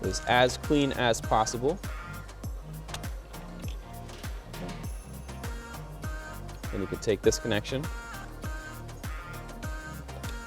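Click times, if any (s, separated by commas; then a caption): none. While installing a Burger Motorsports B48 JB4 on an F30 BMW 330 B48, an engine-bay sensor connector is being slid onto the JB4 wiring harness plug. Someone talks over background music, with a few faint handling ticks. Nothing has seated or clicked yet.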